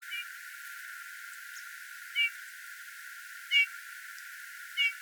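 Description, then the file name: Eurasian bullfinch uttering mellow piped call notes, a faint one at the start then three clearer ones a little over a second apart. "Pyrrhula pyrrhula"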